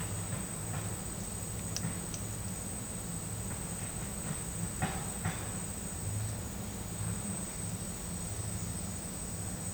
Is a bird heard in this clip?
no